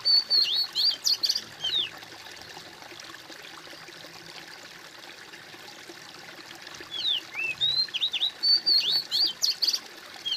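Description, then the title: Bird singing a fast phrase of high whistles and slurred notes at the start, then quiet hiss, then another similar jumbled whistled burst near the end. "kOMPILASI suara bird"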